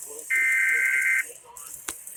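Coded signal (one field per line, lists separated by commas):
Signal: Emergency Alert System (SAME) tones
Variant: header bursts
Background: speech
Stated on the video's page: Required Monthly Test received on broadcast radio.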